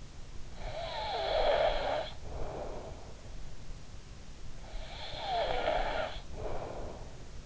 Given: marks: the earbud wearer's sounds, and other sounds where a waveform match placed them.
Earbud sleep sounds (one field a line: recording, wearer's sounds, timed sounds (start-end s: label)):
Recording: sounds in sleep by an in-ear microphone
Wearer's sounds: snoring breath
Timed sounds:
0.38-3.36 s: snoring breath
4.75-7.46 s: snoring breath